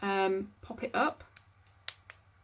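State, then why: Seated. Someone talks while the wings of a washable cloth pad are wrapped around and the metal or plastic press-stud (popper) on them is pressed shut. A sharp, bright snap is heard at 1.9 s, followed by a fainter click at 2.1 s. The press-stud snap fastener clicks closed and is seated.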